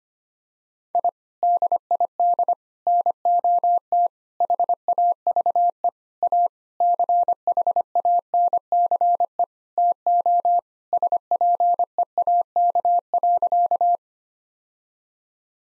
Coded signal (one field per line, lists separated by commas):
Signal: Morse code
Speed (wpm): 25 wpm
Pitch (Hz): 700 Hz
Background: none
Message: I DID NOT HAVE A CHANCE TO SPEAK.